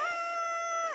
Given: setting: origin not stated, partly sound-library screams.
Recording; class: one-second piece from a danger detection set; woman in danger